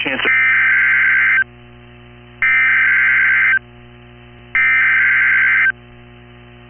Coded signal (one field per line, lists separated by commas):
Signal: Emergency Alert System (SAME) tones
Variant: header bursts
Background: speech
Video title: Tornado Watch #289 EAS#54